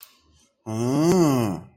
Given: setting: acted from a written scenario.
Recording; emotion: vocal sound without words; anger